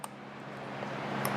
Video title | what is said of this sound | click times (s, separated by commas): Yamaha R7 Tuner Install | and now our pins are all locked back into place, and we should have no problem | 0.0 s, 1.2 s